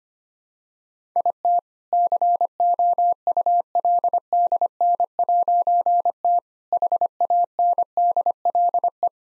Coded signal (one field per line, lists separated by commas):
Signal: Morse code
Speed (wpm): 25 wpm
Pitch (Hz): 700 Hz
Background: none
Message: IT COULDN'T HANDLE